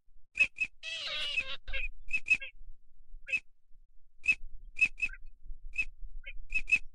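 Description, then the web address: Ducks peeping in brief high notes, spaced irregularly, with one harsh gabbling outburst early on. Migratory ducks, both male and female. "Male and female migratory ducks. صدای-مرغابی-های-مهاجر-نر-و-ماده"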